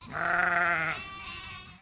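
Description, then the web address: Dorper sheep baa: a single loud, harsh bleat lasting under two seconds, strong at first, then trailing off into a softer, breathy tail. "Sound Effects-Foundation 1 ANIMAL SHEEP DORPER BAA"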